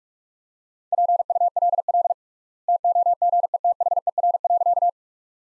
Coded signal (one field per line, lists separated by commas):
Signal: Morse code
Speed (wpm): 42 wpm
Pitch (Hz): 700 Hz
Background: none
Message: PULL TOGETHER.